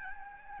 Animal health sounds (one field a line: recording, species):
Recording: mosquito wingbeat signal from an infrared sensor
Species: Aedes albopictus